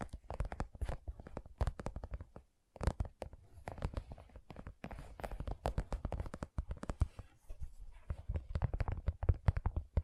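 Gentle tapping in quick, uneven clusters, each tap a sharp click with a soft low thud beneath it. The taps run almost without pause, with a brief silence near the two-and-a-half-second mark, and a faint scratchy rustle sits between them.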